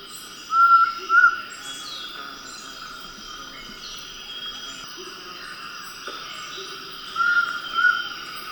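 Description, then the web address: Large-headed flatbill calling twice, each call a pair of clear whistled notes, with several seconds between them. Recorded in Ecuador. "S America Birds of Ecuador. Large-headed Flatbill"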